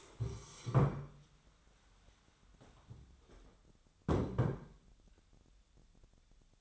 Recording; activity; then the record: daily activity, microphone in the room; stand up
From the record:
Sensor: 3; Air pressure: 1015.2 hPa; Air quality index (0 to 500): 178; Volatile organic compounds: 17 ppm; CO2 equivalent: 2566 ppm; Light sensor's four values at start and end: 14/35/14/15 and 14/37/15/16